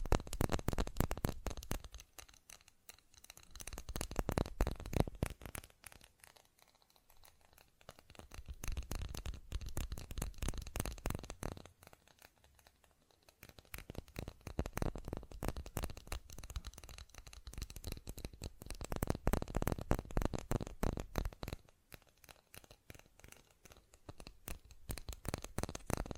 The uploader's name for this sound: ASMR Fast Tapping